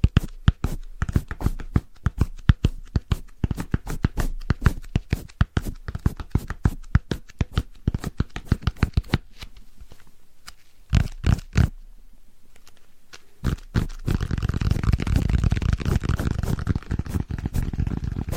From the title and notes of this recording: ASMR Rhythmic Fast Tapping & Brushing Layered Sounds No Talking.